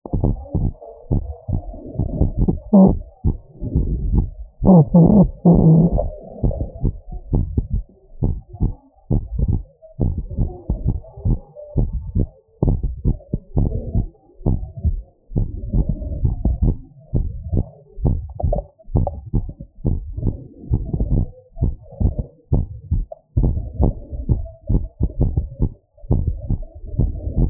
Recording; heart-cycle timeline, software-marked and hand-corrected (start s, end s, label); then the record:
heart sounds
0.00	6.42	noise
6.42	6.52	S1
6.52	6.84	systole
6.84	6.94	S2
6.94	7.30	diastole
7.30	7.42	S1
7.42	7.74	systole
7.74	7.84	S2
7.84	8.20	diastole
8.20	8.30	S1
8.30	8.62	systole
8.62	8.72	S2
8.72	9.10	diastole
9.10	9.20	S1
9.20	9.50	systole
9.50	9.62	S2
9.62	10.00	diastole
10.00	10.12	S1
10.12	10.42	systole
10.42	10.52	S2
10.52	10.84	diastole
10.84	10.96	S1
10.96	11.26	systole
11.26	11.38	S2
11.38	11.78	diastole
11.78	11.88	S1
11.88	12.18	systole
12.18	12.28	S2
12.28	12.62	diastole
12.62	12.74	S1
12.74	13.06	systole
13.06	13.18	S2
13.18	13.56	diastole
13.56	13.68	S1
13.68	13.96	systole
13.96	14.06	S2
14.06	14.44	diastole
14.44	14.56	S1
14.56	14.86	systole
14.86	14.98	S2
14.98	15.34	diastole
15.34	15.46	S1
15.46	15.74	systole
15.74	15.86	S2
15.86	16.20	diastole
16.20	16.32	S1
16.32	16.62	systole
16.62	16.76	S2
16.76	17.14	diastole
17.14	17.26	S1
17.26	17.58	systole
17.58	17.68	S2
17.68	18.04	diastole
18.04	18.18	S1
18.18	18.50	systole
18.50	18.60	S2
18.60	18.96	diastole
18.96	19.08	S1
19.08	19.42	systole
19.42	19.52	S2
19.52	19.86	diastole
19.86	19.96	S1
19.96	20.28	systole
20.28	20.36	S2
20.36	20.70	diastole
20.70	20.82	S1
20.82	21.12	systole
21.12	21.26	S2
21.26	21.62	diastole
21.62	21.74	S1
21.74	22.04	systole
22.04	22.16	S2
22.16	22.52	diastole
22.52	22.64	S1
22.64	22.92	systole
22.92	23.04	S2
23.04	23.38	diastole
23.38	23.54	S1
23.54	23.84	systole
23.84	23.96	S2
23.96	24.30	diastole
24.30	24.42	S1
24.42	24.74	systole
24.74	24.86	S2
24.86	25.20	diastole
25.20	25.34	S1
25.34	25.62	systole
25.62	25.72	S2
25.72	26.10	diastole
26.10	26.26	S1
26.26	26.58	systole
26.58	26.66	S2
26.66	27.00	diastole
27.00	27.12	S1
27.12	27.42	systole
27.42	27.50	S2
From the record:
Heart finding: normal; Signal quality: good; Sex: female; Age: 75 years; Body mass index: 28.8